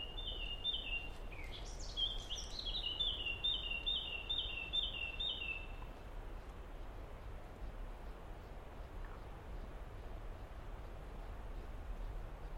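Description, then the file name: Common blackbird song: a fast series of repeated, clipped whistled notes for around six seconds, then steady background hiss with one faint note. "merle"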